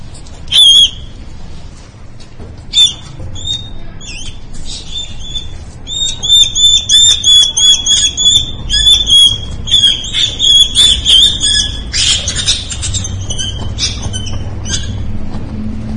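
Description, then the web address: Mouse squealing in distress: shrill, strained squeaks with harmonics, sparse at first, then rapid and almost continuous from midway, over low background noise. Mouse described as dying while screaming. "animal mouse-dying-scream"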